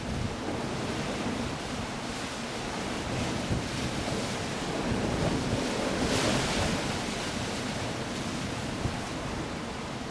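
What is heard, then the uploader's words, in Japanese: Rough waves crash against a cliff amid falling rain, a dense steady roar that swells briefly around six seconds, with wind gusting underneath. イングランドの南西海岸の荒涼とした海岸線。波が荒々しい崖に打ち寄せ、雨が大地で踊る。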